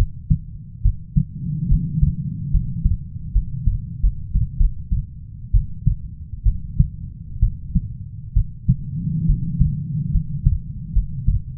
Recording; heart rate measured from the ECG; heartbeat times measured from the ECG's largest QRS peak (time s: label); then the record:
heart sounds by stethoscope; 71 bpm
0.83 s: heartbeat
1.69 s: heartbeat
2.52 s: heartbeat
3.33 s: heartbeat
4.01 s: heartbeat
4.58 s: heartbeat
5.52 s: heartbeat
6.44 s: heartbeat
7.40 s: heartbeat
8.34 s: heartbeat
9.27 s: heartbeat
10.12 s: heartbeat
10.93 s: heartbeat
From the record:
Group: healthy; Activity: rest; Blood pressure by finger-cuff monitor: 139/66 mmHg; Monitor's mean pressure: 90 mmHg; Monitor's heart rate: 69 bpm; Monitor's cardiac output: 6.9 L/min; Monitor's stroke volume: 100 mL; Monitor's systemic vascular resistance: 960 dyn s/cm5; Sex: female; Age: 37 years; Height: 168 cm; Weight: 70 kg